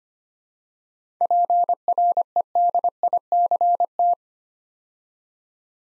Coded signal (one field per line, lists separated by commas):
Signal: Morse code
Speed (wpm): 25 wpm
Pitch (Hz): 700 Hz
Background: none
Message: PREDICT